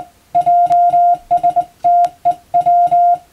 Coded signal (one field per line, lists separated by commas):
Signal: Morse code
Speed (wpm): 20 wpm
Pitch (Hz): 700 Hz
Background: music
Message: JSTEW